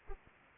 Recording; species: mosquito wingbeat signal from an infrared sensor; Anopheles arabiensis